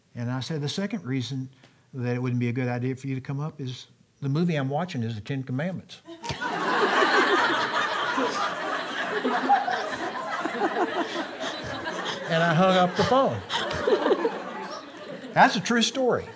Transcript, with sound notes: And I said, “The second reason why it wouldn’t be a good idea for you to come up is, the movie I’m watching is The Ten Commandments.” [laughter] And I hung up the phone. That’s a true story.